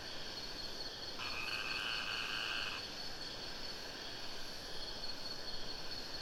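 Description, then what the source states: Cicada song: steady high humming drone with one louder, richer buzzing phrase lasting about one and a half seconds. Cicada singing close to the river in the Sumatra jungle, Ketambe, Aceh region; recorded with a Sony PCM D50.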